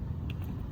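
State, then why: Seated. A FiTCAMX 4K dash cam body is lined up on the notch of its windshield mount bracket and pushed on. A sharp plastic click at 0.3 s, followed by a softer tick at 0.4 s, is heard over a steady low rumble. The camera snaps into place and is seated on the mount.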